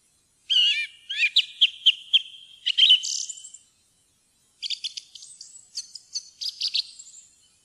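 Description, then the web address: Song thrush song: a sharp note repeated several times, a pause, then a varied high chirping phrase with repeated notes. "fuglelyder maaltrost"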